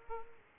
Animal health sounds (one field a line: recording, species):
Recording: mosquito wingbeat signal from an infrared sensor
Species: Aedes aegypti